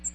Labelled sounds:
American Redstart (Setophaga ruticilla) flight call

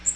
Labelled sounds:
Magnolia Warbler (Setophaga magnolia) flight call

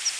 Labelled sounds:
Palm Warbler (Setophaga palmarum) flight call

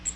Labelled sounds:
Cape May Warbler (Setophaga tigrina) flight call

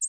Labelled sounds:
American Redstart (Setophaga ruticilla) flight call

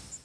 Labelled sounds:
Yellow Warbler (Setophaga petechia) flight call

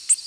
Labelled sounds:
Tennessee Warbler (Leiothlypis peregrina) flight call

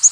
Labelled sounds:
Yellow-rumped Warbler (Setophaga coronata) flight call

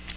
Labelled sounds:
Yellow-rumped Warbler (Setophaga coronata) flight call

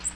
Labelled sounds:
Magnolia Warbler (Setophaga magnolia) flight call

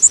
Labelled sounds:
Blackpoll Warbler (Setophaga striata) flight call

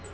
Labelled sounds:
Black-throated Green Warbler (Setophaga virens) flight call

